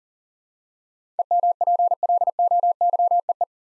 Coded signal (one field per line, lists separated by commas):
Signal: Morse code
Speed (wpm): 38 wpm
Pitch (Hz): 700 Hz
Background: none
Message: EMPLOYEE